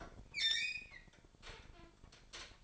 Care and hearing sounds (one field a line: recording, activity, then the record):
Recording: daily activity, microphone in the room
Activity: open fridge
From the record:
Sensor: 5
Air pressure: 1007.9 hPa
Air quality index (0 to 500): 95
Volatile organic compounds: 1 ppm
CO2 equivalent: 744 ppm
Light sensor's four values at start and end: 43/98/42/44 and 44/101/43/45